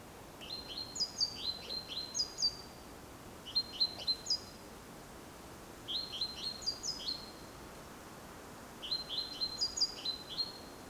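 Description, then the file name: Great tit calls in four bursts of quick high chirps and sharp squeaks, separated by short pauses, over faint background noise. "Parus major"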